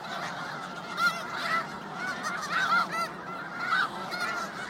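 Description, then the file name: Snow goose: snow geese giving a continuous chorus of high, nasal honks, many birds calling at once with louder yelps standing out every second or so. "Canto do gansos da neve"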